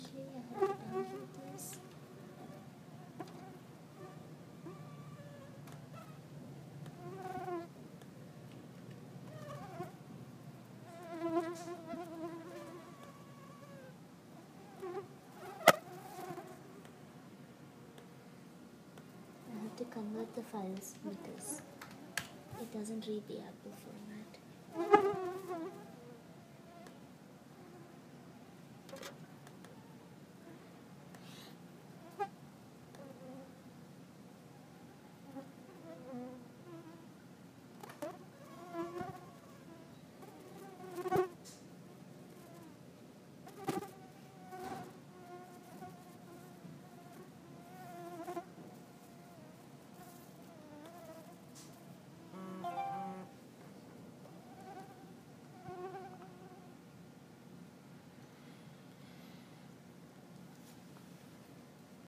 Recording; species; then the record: mosquito flight sound by mobile phone; Culex quinquefasciatus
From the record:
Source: SanMateoVCD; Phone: iPhone 4S